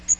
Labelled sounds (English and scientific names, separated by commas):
Magnolia Warbler (Setophaga magnolia) flight call